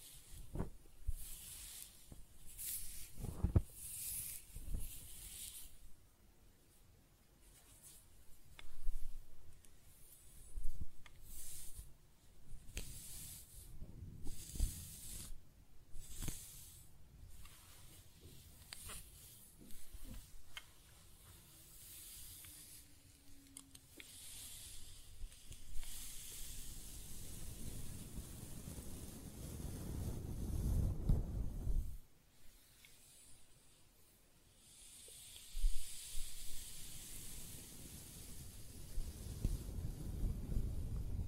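Close-up hair sounds: scratching and brushing, heard as bursts of rough, bright rustling with sharp scratchy clicks through the first half. Later come longer, smoother strokes with a low rumbling swell around 27–32 seconds, then a brief pause and a return of hissy brushing.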